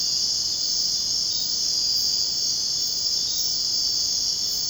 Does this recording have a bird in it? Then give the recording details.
no. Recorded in dense forest near Puerto Asís, Putumayo, Colombia, on 23 June 2025 at 01:30. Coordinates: 0.499, -76.324. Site G100